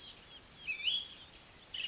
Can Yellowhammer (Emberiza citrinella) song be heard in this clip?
no